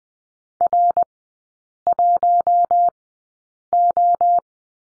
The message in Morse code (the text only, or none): R1O